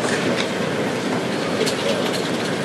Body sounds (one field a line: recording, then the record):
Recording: background sound without coughing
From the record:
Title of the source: Office Sounds Ambience - Background Noise for Study and Work